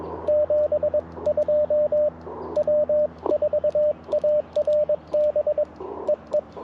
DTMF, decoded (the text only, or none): none